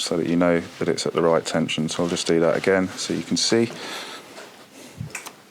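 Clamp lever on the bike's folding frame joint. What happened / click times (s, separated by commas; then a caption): Lever handled but not shown locking; one sharp tap near the end could pass for a click / none. Someone talks while handling the metal clamp lever on the folding frame joint of an e-cargo bike, getting ready to close it again by palm so it locks at the right tension. A few soft handling sounds follow the speech, with a brief sharper hit near 5.2 s. Nothing has seated or clicked yet.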